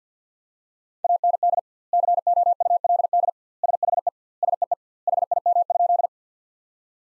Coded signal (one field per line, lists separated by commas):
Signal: Morse code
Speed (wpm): 50 wpm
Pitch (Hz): 700 Hz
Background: none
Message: AND COULD SHE SEE HIM?